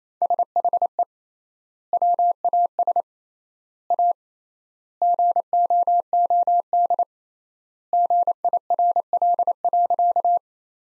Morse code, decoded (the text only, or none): SHE WAS A GOOD GIRL.